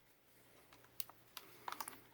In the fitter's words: Dust cover locks in place.